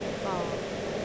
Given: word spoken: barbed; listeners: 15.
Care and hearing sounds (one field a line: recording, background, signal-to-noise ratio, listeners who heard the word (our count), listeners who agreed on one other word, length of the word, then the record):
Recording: one English word in noise, from a listening test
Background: speech-shaped noise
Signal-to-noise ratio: -5.1 dB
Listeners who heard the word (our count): 0 of 15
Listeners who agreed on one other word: 6 of 15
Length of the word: 0.66 s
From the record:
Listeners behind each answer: 6, 5, 1, 1, 1, 1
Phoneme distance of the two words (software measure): 24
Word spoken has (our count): 1 syllable, 4 phonemes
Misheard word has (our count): 1 syllable, 2 phonemes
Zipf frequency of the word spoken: 3.25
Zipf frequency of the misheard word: 5.44